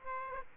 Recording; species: mosquito wingbeat signal from an infrared sensor; Aedes aegypti